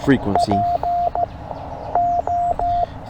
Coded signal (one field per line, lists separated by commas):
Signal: Morse code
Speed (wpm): 15 wpm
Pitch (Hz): 700 Hz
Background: speech, radio noise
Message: PO